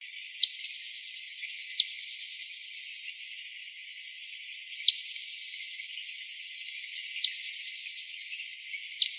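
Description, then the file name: Eastern phoebe giving sharp, high chip calls, five single notes spaced one to three seconds apart over a faint steady hiss. Eastern phoebe calls recorded in Arizona. "EAPH CALLS deviche"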